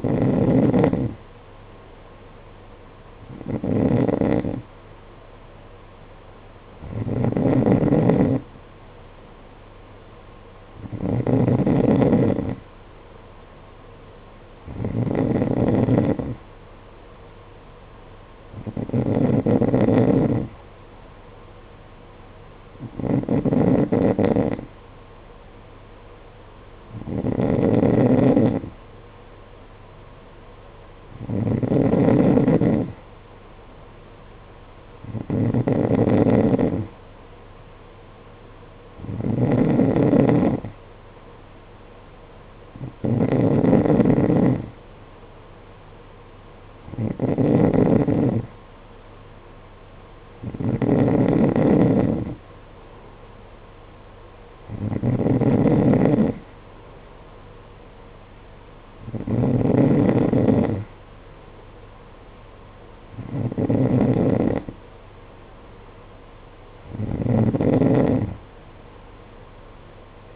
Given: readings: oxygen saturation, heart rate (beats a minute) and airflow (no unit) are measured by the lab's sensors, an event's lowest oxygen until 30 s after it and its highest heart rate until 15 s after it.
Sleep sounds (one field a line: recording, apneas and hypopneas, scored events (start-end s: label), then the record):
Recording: breathing in sleep by a voice recorder at the bedside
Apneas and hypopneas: none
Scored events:
none scored
From the record:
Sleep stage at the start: N2 (light sleep)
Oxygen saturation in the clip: 91 to 92%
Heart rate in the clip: 51 to 56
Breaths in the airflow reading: 18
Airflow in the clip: -7.5 to 5.7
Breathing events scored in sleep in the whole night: 476 in 9.7 hours asleep